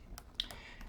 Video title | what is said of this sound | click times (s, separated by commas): Laptop Screen Replacement / How To Replace Laptop Screen Gateway LT2104u | All right, so now that mine's all clicked together, I'm going to go ahead and put in the final 2 screws holding the front bezel. | 0.2 s, 0.4 s, 0.5 s